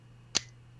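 A light with built-in magnets is placed onto its magnetic mount and snaps into place with a single sharp click at 0.4 s. Its brief broadband snap reaches high frequencies over a faint steady low hum. The light is seated on the mount.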